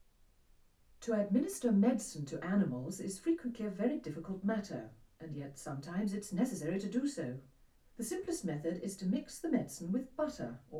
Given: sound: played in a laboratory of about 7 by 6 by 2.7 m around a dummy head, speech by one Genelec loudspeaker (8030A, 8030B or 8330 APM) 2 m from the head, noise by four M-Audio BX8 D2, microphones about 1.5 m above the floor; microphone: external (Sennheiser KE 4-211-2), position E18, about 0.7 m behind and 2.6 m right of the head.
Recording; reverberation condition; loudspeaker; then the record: female speech in English; low; in front (0 degrees)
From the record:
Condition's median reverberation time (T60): about 310 ms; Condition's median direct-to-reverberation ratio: about 3.5 dB